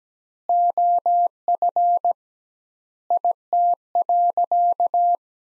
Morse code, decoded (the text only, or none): OF IT.